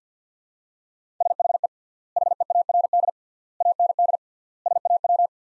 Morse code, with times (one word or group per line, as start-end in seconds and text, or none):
1.2-1.7 SHE
2.2-3.1 HEARD
3.6-4.2 AND
4.7-5.3 SAW